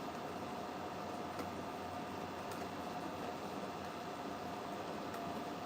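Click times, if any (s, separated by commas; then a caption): none. A wiring harness connector is handled and lined up under the window switch of a Tesla Model S door before being pushed in. A steady broadband hum with a faint tone runs throughout, with a few soft handling ticks. Nothing has seated or clicked yet.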